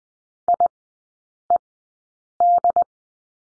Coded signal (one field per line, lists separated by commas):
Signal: Morse code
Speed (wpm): 20 wpm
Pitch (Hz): 700 Hz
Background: none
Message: IED